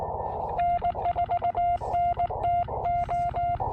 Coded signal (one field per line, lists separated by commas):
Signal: Morse code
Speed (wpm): 20 wpm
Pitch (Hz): 690 Hz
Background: none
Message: N4NTO